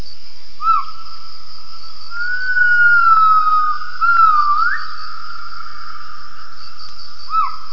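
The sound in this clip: Gibbon calling: pure whistled tones, with short downswept notes at the start and end and a long steady tone that rises sharply in the middle, over a constant insect drone.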